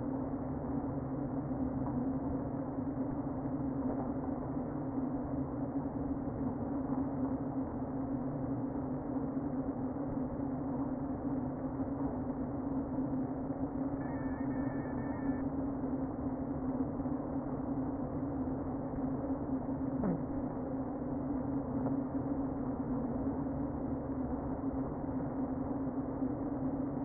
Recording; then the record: honeybee colony, microphone inside the hive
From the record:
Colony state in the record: queen present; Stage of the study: before two queens were removed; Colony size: about 60,000 bees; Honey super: yes